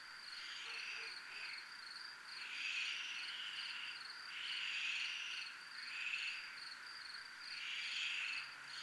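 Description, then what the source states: Crickets trilling, a high, regularly pulsed chirp continuing steadily, with broad swelling waves rising and falling every second or two. Recorded in a military zone (zona militar).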